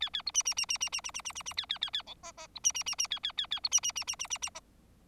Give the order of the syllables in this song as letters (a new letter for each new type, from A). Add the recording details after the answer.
A A B C C C C C C C C C C C A A A A D E E B C C C C A A A A B C C C C C C C E. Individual Bird4